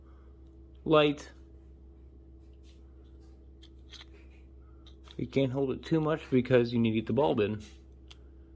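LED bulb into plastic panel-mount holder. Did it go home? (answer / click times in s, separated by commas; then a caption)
yes / 8.1 s. A 5 mm LED bulb is pushed into a plastic panel-mount LED holder, held lightly in place, while making a custom LED dashboard indicator for an '84 CJ7. Someone talks around 1 s and again from about 5.2 to 7.7 s. The bulb snaps into the holder with a sharp click at 8.1 s and is seated.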